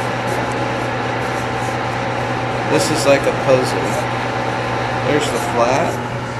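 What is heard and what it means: A tool component is being handled and pushed toward a steel mill tool holder during mill tool assembly, under a steady hum with someone talking briefly. The part has not snapped into place yet, and no click has sounded.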